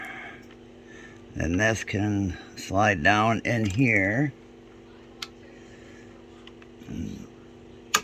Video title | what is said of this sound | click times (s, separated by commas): Husqvarna 440E II Carburetor replacement & intake manifold 435 | that locks into place. | 8.0 s